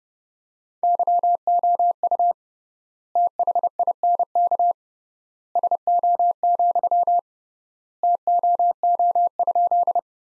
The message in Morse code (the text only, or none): YOU THINK SO, TOO?